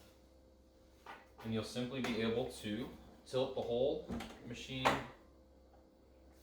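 Someone talks while the body of a Vac100 vacuum sealer is tilted up on its support hinge, which must lock in place so the machine cannot come down. Faint handling noise sits under the speech and a low steady hum. The hinge has not locked or clicked yet.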